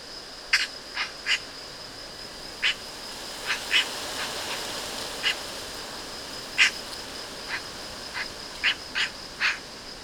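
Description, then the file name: Eurasian magpie giving harsh, dry chacking notes at irregular intervals, some in quick pairs, over a faint steady high hiss. "Pica pica"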